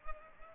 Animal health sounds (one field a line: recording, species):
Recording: mosquito wingbeat signal from an infrared sensor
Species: Culex pipiens